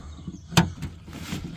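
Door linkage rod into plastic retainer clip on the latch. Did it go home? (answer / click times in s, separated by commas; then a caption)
yes / 0.6 s. On a 2000 F-250 extended cab during a door lock latch replacement, a door linkage rod is fed into its plastic retainer clip on the latch inside the door and pressed until it snaps in. A single sharp snap is heard at 0.6 s, followed by a softer, longer rustle around 1.1 s. The rod is seated in the clip.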